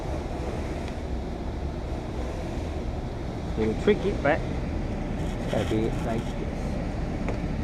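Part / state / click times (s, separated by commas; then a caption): rear door window glass into window regulator clip / seated / 7.3 s. While installing a replacement rear door window glass on a 2017 Chevy Silverado, someone talks as the glass is positioned and pressed into its window regulator clip inside the door over a steady background noise. A short, sharp click at 7.3 s confirms the glass is seated in the clip.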